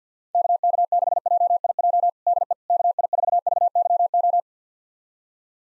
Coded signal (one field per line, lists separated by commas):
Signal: Morse code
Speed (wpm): 50 wpm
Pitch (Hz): 700 Hz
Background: none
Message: KK6JIJ DE KI4VYO